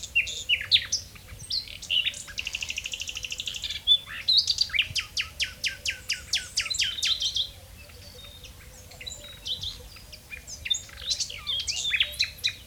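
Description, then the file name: Common nightingale song: a rich, varied run of whistles, rapid repeated clicking notes and buzzy trills, broken into phrases with short pauses between. "Luscinia megarhynchos"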